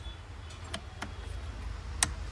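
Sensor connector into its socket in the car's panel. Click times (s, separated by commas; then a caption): 2.0 s. A sensor's plastic connector is pushed home into its socket in the panel of a 2025 Maruti Suzuki Brezza during an audio setup modification. Two fainter ticks sound at 0.8 and 1.0 seconds, then a loud, sharp click at 2.0 seconds as the connector seats.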